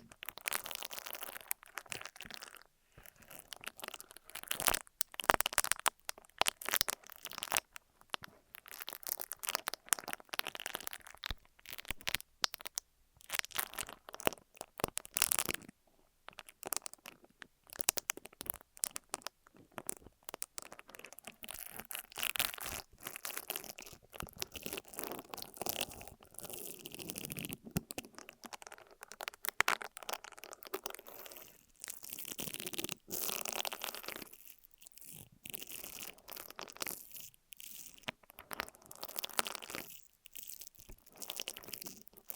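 Ear massage and cleaning sounds: dense, irregular crinkling and crunchy rubbing bursts, bright and scratchy, starting and stopping constantly with brief quiet gaps.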